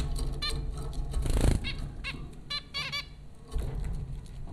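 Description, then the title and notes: Zebra finch calls, quick nasal beeping notes in small clusters, with a brief rustling burst and a low rumbling background. Recorded by Dan Bodah at Popcorn School, Flatbush, Brooklyn, New York, USA, April 15, 2009. "Dronecast No. 030: The Popcorn Finches Four from Apr 15, 2009. Zebra finches recorded by Dan Bodah at Popcorn School, Flatbush, Brooklyn NY in April 2009"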